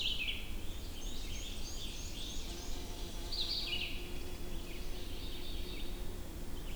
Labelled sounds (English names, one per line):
Red-eyed Vireo song